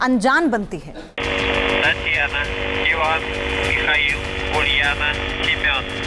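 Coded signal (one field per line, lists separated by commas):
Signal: numbers station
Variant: UVB-76, Russian voice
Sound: brief narration, then a continuous harsh buzz with a Russian voice reading names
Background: narration voice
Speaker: पश्चिमी देशों में इस रेडियो स्टेशन को दी बजर के नाम से जाना जाता है।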